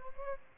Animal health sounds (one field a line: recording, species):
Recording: mosquito wingbeat signal from an infrared sensor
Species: Aedes albopictus